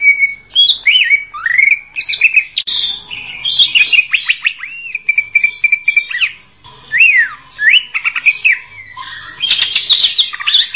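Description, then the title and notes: Greater green leafbird singing a rich medley of clear whistled slurs, steady held notes and chattering phrases, some notes dipping and rising sharply. Champion-grade cucak ijo song. "Kicau Burung Cucak Ijo Juara. Suara kicauan burung cucak ijo"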